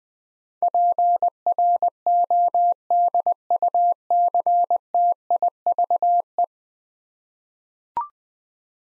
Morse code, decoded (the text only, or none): PRODUCTIVE